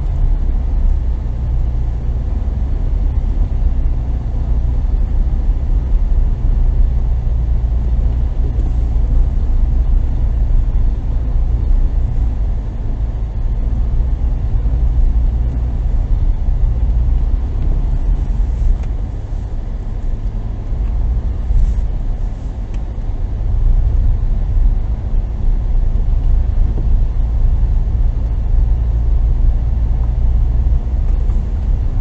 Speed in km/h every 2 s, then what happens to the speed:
27, 27, 26, 26, 23, 24, 25, 24, 25, 23, 24, 23, 24, 24, 23, 25.
0-32 steady at about 24.